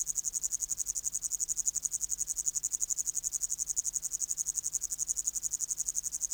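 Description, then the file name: Upland green bush-cricket: continuous shrill buzzing song built from fast, regular pulses, steady in loudness from start to end. "Tettigonia cantans"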